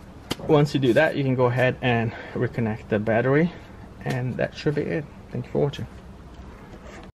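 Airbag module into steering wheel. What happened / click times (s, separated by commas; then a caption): The module snapped into its housing / 0.3 s. The driver airbag module on a 2012-2022 Mitsubishi Mirage G4 is pressed into the steering wheel like pushing the horn, and it snaps into place with a sharp click at 0.3 s, locking the module in. Someone then talks.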